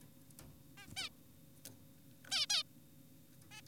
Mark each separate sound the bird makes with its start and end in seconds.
0.78-0.87, 0.97-1.10, 2.31-2.46, 2.50-2.63, 3.52-3.61